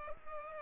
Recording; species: mosquito wingbeat signal from an infrared sensor; Culex pipiens